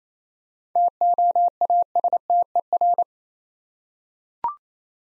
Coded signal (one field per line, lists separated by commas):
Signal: Morse code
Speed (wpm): 27 wpm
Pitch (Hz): 700 Hz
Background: none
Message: TOASTER